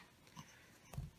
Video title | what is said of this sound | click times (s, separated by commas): 2007-2013 GM Truck/SUV Door Lock Actuator Motor Replacement | and just push it in and as you're pushing it in it will just kind of snap in place | 0.9 s